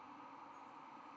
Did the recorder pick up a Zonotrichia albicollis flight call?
no